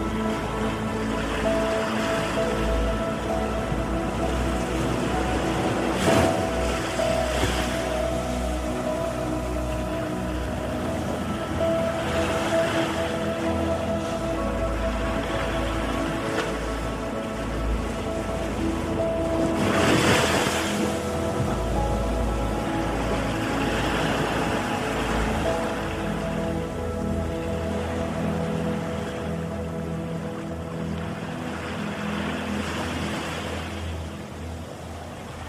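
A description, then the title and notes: Ocean waves wash in over a bed of slow, sustained meditation music, with soft held tones and a low drone running throughout. Louder surges of surf swell and break near 6, 20 and 25 seconds, then recede into a steady hiss that fades slightly at the end. Easy Relaxation Ocean Waves and Meditation Music.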